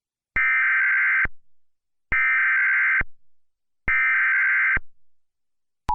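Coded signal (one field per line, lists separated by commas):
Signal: Emergency Alert System (SAME) tones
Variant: header bursts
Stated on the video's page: Fictional EAS scenario about a wildfire, with valid tones.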